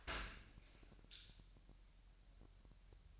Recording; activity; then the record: daily activity, microphone in the room; open dishwasher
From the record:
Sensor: 2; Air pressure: 1000.4 hPa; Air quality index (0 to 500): 245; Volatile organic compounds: 88 ppm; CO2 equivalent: 3672 ppm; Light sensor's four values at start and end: 9/21/9/8 and 9/21/9/8